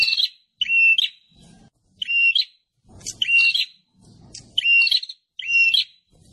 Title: Suara Prenjak Ribut Buat Pikat Burung Prenjak Kepala Merah Prenjak Tamu